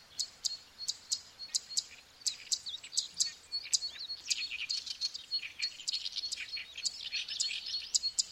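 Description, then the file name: Zitting cisticola giving sharp high ticking notes in a rapid series, with thin whistled chirps mixed in. "sekka"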